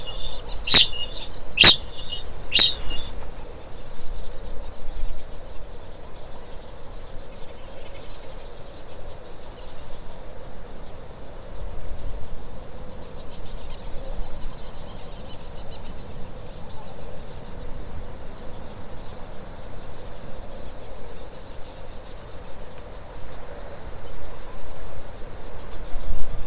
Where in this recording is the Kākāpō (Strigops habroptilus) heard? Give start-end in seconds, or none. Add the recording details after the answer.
0.00-3.14. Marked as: faintness 3/5. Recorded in New Zealand. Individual Stumpy